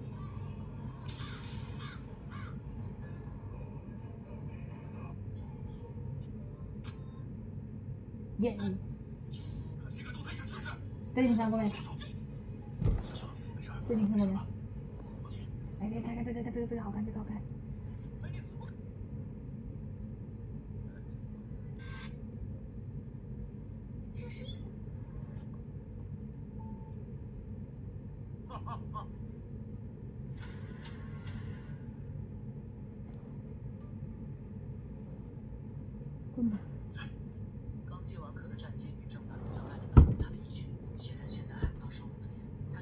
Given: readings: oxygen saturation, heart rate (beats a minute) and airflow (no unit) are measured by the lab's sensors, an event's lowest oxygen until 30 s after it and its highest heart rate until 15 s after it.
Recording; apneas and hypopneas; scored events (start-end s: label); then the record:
a person awake in a sleep study, by a smartphone at the bedside; none
0.00-42.82 s: awake
0.00-42.82 s: awake
From the record:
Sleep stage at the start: awake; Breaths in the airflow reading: 14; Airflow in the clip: -0.8 to 0.6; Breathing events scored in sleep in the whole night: 496 in 5.4 hours asleep